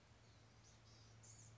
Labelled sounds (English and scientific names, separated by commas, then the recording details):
Blue-gray Gnatcatcher (Polioptila caerulea)
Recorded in Sonoma County, California